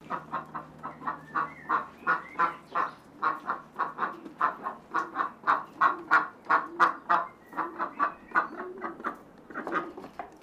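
Duck giving a long series of nasal quacks, about three each second, steady in pitch.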